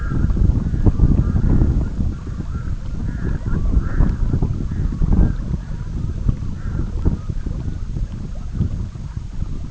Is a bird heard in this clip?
yes